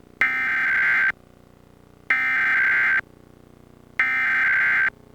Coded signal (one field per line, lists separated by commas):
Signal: Emergency Alert System (SAME) tones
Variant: header bursts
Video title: Required Monthly Test (EAS #481)